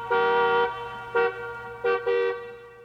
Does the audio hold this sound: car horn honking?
yes